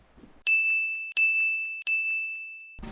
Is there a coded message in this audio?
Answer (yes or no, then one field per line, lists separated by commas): no